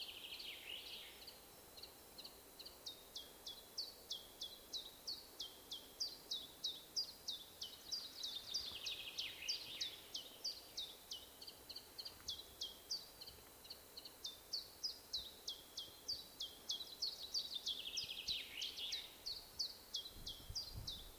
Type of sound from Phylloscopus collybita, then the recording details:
song. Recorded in the wild. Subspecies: abietinus. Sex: male. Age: adult. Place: Erikslund, Medelpad, Västernorrlands län, SE. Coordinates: 62.5267, 15.9128. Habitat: spruce. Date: 1971-07-12. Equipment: Nagra III PH, MD 211. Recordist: Schneider, Hans-Joachim